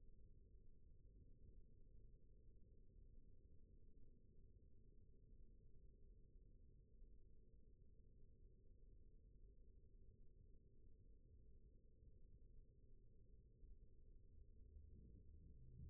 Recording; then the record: forearm muscle sounds (acoustic myography)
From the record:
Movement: rest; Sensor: system 1, eight BSWA MPA416 microphones around the upper forearm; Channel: 4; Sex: male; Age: 20 years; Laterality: left